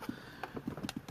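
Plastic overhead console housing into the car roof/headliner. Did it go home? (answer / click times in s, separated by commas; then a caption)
yes / 0.4 s, 0.9 s. The plastic overhead map-light and sunroof console housing of a Pontiac G8 GT is pushed up into the roof headliner, with care taken not to pinch the wires. Its plastic clips snap into place with sharp clicks at 0.4 and 0.9 seconds over a low background rustle, and the console is fully seated.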